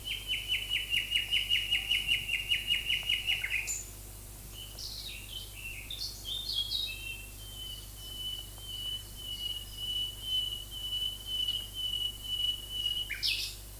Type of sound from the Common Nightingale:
song